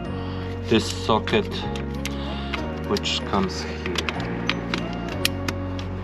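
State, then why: Seated. During a do-it-yourself alternator replacement on an Opel Insignia 2.0 CDTI Ecotec, done to save money, the wiring harness plug is pushed onto the alternator socket while someone talks over background music. Several short sharp hits are heard, and the strongest, at 5.3 s, is the latch click as the plug seats in the right position.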